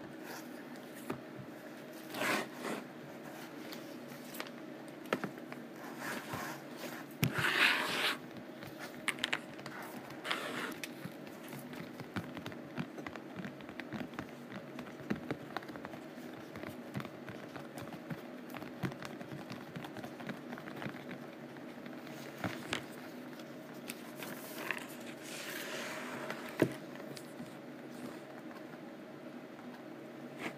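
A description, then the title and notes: Rough canvas is scratched and tapped in a steady, dense run of rasping strokes across the whole stretch, mostly mid-pitched with brighter edges. Sharper taps and louder scrapes stand out around 2, 7–8, 10, 25 and 26 seconds. ASMR Rough Canvass: Scratching and Tapping.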